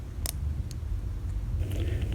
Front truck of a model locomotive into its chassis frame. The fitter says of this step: and then the front truck just snaps into place